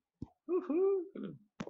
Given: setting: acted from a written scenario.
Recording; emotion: vocal sound without words; positive surprise